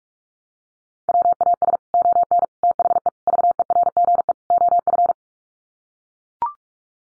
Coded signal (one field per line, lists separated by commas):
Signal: Morse code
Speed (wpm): 44 wpm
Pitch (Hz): 700 Hz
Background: none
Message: WAS ON THE VERGE OF